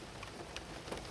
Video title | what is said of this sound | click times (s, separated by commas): How to Install Coil Pack Plug Boots (Easy) | and then you hear a little click you probably didn't catch it on the camera but it did indeed click and just like that it's on | 0.6 s